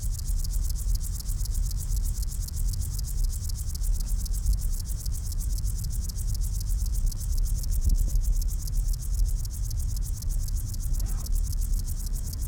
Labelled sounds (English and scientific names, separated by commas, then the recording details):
Upland Field Grasshopper (Chorthippus apricarius) stridulation
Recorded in the wild
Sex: pair
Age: imago
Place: Botanische Anlage Blankenfelde, Berlin, DE
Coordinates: 52.603, 13.4
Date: 1993-08-15 10:30
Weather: sonnig, 24-28°C
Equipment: Marantz CP 430, Sennheiser ME 80, Kopie Uher Variocord 263
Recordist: Tembrock, Günter